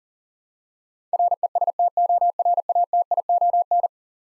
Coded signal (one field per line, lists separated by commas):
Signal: Morse code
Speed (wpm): 40 wpm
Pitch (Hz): 700 Hz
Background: none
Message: RESTORATION